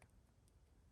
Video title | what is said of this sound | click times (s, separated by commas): Leatherman Free K4 Pocket Tool Review | how it just kind of unlocks it like that so you push up on it close it super nice | 0.0 s